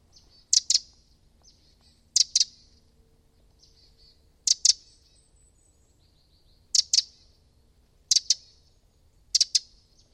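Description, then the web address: Bird calls: sharp high double chips repeated several times, with faint thin notes between them. "Deverinetal 2025 File origin Bird Only"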